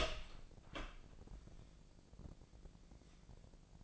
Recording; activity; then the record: daily activity, microphone in the room; open door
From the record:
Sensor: 5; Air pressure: 1012.4 hPa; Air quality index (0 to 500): 157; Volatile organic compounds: 2 ppm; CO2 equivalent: 1075 ppm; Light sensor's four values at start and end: 266/645/271/297 and 274/667/280/308